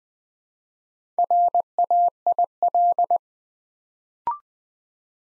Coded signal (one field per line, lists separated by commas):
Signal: Morse code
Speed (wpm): 20 wpm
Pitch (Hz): 700 Hz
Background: none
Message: RAIL